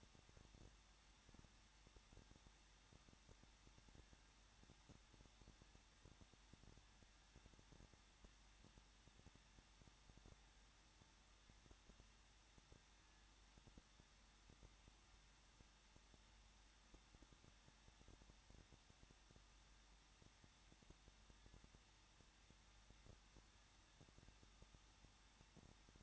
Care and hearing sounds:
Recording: daily activity, microphone in the room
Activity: no activity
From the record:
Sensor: 3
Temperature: 21.2 degrees Celsius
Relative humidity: 36.2%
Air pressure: 1006.4 hPa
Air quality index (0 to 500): 221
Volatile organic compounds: 39 ppm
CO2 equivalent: 3136 ppm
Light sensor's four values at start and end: 2/3/2/2 and 2/3/2/2

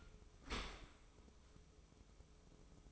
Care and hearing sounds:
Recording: daily activity, microphone in the room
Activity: open dishwasher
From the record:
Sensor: 1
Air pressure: 995.9 hPa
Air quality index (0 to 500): 64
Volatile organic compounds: 2 ppm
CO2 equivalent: 1293 ppm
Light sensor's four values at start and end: 32/110/42/45 and 32/110/42/45

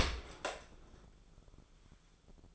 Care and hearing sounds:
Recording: daily activity, microphone in the room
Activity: open dishwasher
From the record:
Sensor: 5

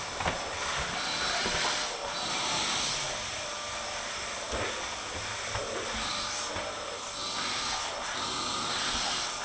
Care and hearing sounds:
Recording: daily activity, microphone in the room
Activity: vacuum cleaning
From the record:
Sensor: 5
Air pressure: 988.8 hPa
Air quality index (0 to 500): 236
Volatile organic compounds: 200 ppm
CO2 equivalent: 4213 ppm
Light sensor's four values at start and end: 38/117/46/49 and 39/119/46/50

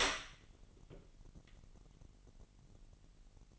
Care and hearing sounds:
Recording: daily activity, microphone in the room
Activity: open door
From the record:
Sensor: 4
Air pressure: 999.2 hPa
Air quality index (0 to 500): 114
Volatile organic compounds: 2 ppm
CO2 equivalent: 1130 ppm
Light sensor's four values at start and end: 13/30/12/13 and 13/34/13/15

